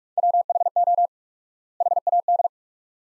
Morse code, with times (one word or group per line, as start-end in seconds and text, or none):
0.2-1.1 WHO
1.8-2.5 HAD